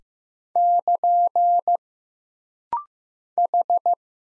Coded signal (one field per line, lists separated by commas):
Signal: Morse code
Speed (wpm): 15 wpm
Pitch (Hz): 700 Hz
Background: none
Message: <KN> H